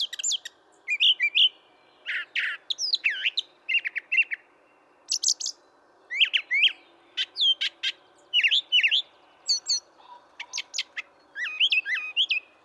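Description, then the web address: Brown thrasher song: a steady stream of varied phrases, sharp high chips, slurred whistles and scratchy notes, often doubled, with brief gaps between. "birdsongforthecurious Brown Thrasher"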